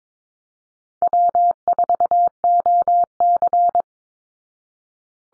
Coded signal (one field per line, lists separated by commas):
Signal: Morse code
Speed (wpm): 22 wpm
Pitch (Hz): 700 Hz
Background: none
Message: W4OC